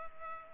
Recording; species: mosquito wingbeat signal from an infrared sensor; Culex pipiens